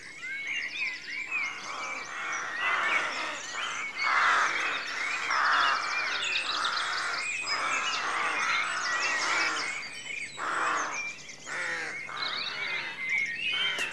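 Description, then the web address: Rooks in a dense cawing chorus, rasping calls overlapping, with twittering songbirds. Rookery at dawn; rural outdoor atmosphere. "The BBC Sound Effects Library. Rookery Dawn"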